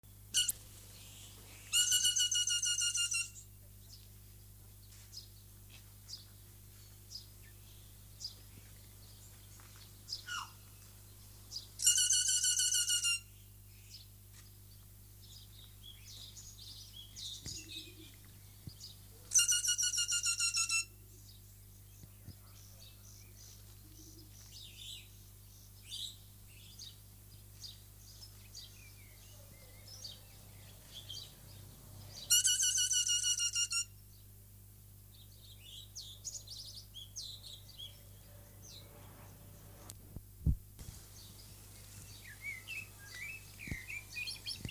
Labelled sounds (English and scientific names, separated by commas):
Kea (Nestor notabilis) call